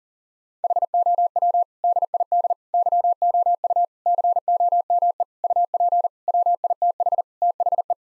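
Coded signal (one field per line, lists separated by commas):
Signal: Morse code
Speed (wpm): 40 wpm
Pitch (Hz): 700 Hz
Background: none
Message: HOW DID YOU COME UP WITH THE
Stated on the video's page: Morse code head-copy practice sending common eight-word-phrase sentences at 40 wpm; each sentence is sent twice.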